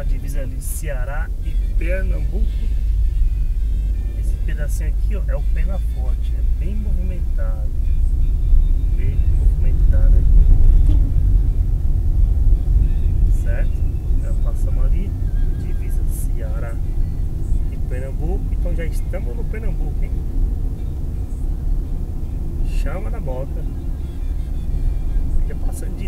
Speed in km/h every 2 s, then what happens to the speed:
15, 18, 22, 24, 30, 34, 37, 40, 41, 42, 45, 48, 50.
0-26 speeds up to 50.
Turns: none.